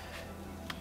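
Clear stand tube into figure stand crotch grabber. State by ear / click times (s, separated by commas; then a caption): seated / 0.7 s. The clear plastic stand tube is fitted to a Hot Toys Captain Harlock figure stand and pushed into the crotch-grabber piece, over a steady low hum. A sharp, short click at 0.7 s marks the post locking into place, seated.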